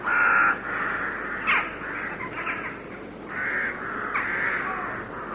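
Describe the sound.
Carrion crow giving rough drawn-out caws, a loud one at the start followed by softer hoarse calls.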